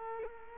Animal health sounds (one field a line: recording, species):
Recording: mosquito wingbeat signal from an infrared sensor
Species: Culex quinquefasciatus